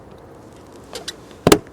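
The opposite end of a plastic sunroof trim piece on a Jeep Commander, being refitted while fixing a leaky sunroof, is pushed in so its clip goes into the frame. Two soft taps at about 1.0 and 1.1 seconds are followed by a sharp double snap at 1.5 and 1.5 seconds, and the clip is seated.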